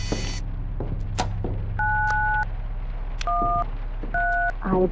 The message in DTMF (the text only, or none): 913